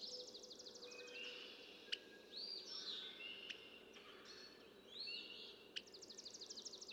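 Red-winged blackbird song: rattling buzzy trills at start and end with arched whistled notes between, amid sharp clicks and chirps.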